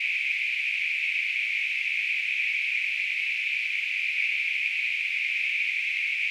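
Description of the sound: Simulated tinnitus: a steady, continuous hissing noise concentrated in a narrow band around 2 to 3 kHz, with nothing below 1 kHz.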